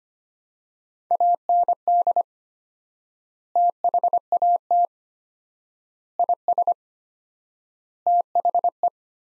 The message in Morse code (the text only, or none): AND THAT IS THE